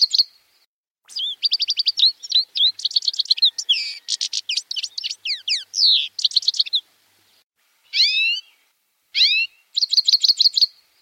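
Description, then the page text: European goldfinch song, a bright jumble of twittering notes and fast trills, then two separate downward-sweeping calls before a final burst of chatter. "Щегол (птица) - пение"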